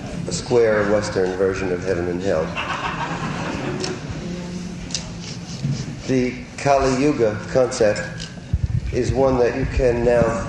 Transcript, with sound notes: a square Western version of heaven and hell. [laughter] The Kali-yuga concept is one that you can now,